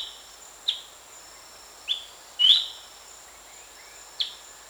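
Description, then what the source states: Horsfield's babbler: four short whistled notes spaced over several seconds, one longer and louder, with a constant high buzz in the background. Recorded at Danum on 1 January 2008.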